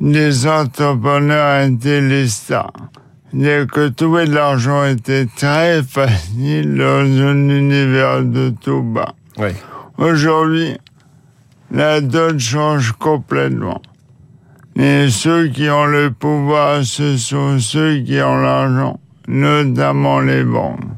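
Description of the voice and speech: An adult man speaks French in measured phrases separated by long pauses, with some blurred consonants and creaky phrase endings. This is mild dysarthria from amyotrophic lateral sclerosis (Charcot disease), a progressive paralysing illness that affects his speech while his thinking stays intact.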